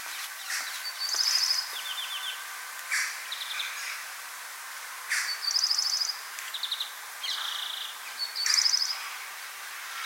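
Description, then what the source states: European greenfinch giving rapid trilled rattles, several short buzzy bursts spaced a second or two apart, with occasional sharp clicks against faint hiss. Nominate subspecies Chloris chloris chloris.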